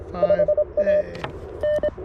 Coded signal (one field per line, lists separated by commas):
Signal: Morse code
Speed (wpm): 24 wpm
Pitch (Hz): 590 Hz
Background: radio noise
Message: 5A N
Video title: CW POTA with the CFT-1 QRP radio, WRC antenna, and Begali Expedition key